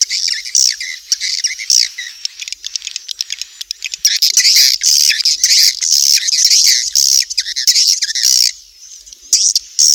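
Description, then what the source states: Swiftlets giving shrill, chattering calls, rapid high chirps overlapping in a nearly continuous stream with brief gaps. Swiftlet sound used for swiftlet bird farming in Asia.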